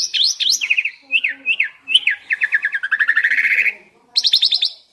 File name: suara burung jalak suren gacor